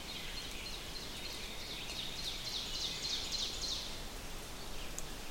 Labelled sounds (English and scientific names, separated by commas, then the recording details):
Ovenbird (Seiurus aurocapilla) song
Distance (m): 85 m
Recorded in boreal forest in Alberta, Canada, on 6 June 2016 at 08:40
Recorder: SongMeter 3, array SBT-3-51
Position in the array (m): 227 m, 183 m
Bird 28